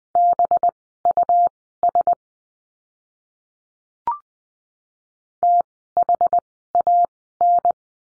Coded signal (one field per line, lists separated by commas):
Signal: Morse code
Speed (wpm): 20 wpm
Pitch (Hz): 700 Hz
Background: none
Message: BUS THAN